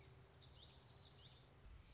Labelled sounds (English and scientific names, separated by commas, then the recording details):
Common Yellowthroat (Geothlypis trichas)
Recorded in Sonoma County, California